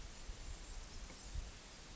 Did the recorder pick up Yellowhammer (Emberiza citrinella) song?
no